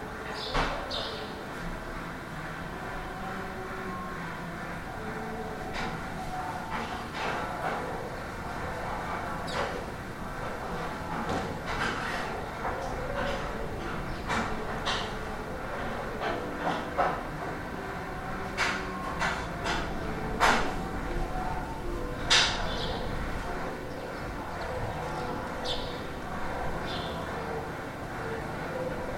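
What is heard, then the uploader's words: A singer practicing somewhere across a courtyard comes through faintly, held notes drifting under a steady background hum. Close by, kitchen clatter and sharp clicks of cooking break in every second or two, with louder knocks around the middle and near the end. Lisbon window singer. I was cooking with the window open. A singer can be heard practicing through the courtyard, but the exact flat was impossible to place. Recorded by Timothy.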